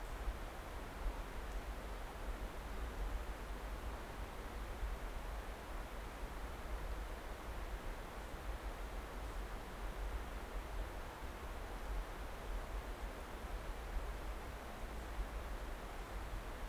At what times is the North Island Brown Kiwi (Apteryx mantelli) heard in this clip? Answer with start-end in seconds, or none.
none